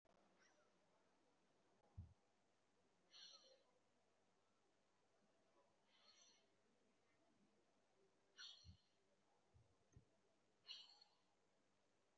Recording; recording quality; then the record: shallow breathing; excellent, no background noise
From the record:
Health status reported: respiratory illness, not identified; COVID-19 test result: negative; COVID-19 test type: RT-PCR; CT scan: taken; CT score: 0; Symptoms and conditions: cough, cold, breathing difficulty, sore throat, chronic lung disease, another respiratory illness, hypertension, diabetes, ischaemic heart disease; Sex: male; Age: 67 years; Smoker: no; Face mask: worn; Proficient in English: no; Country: India